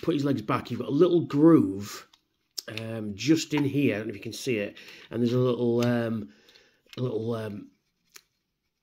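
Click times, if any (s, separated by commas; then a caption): none. Someone talks while transforming a vintage plastic Dinobot toy, fitting the lip of its leg over a small groove in the body where it should lock into place. A brief faint tap sounds at about 8.2 seconds, but nothing has seated or clicked yet; the leg lock fails to catch because the toy is so old.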